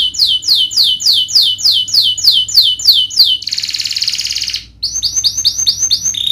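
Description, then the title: Domestic canary singing repeated downslurred whistled notes about three per second, then a dense buzzy roll, then a fast series of short upswept notes. Lively singing ('gacor') canary with the best melodic twists (cengkok) and most luxurious fill-in phrases (isian). "Kenari Gacor Cengkok Terbaik Isian Paling Mewah Kenarigacor Kicaumania Kenari"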